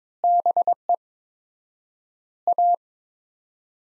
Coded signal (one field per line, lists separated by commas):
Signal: Morse code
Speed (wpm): 21 wpm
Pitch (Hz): 700 Hz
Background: none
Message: BE A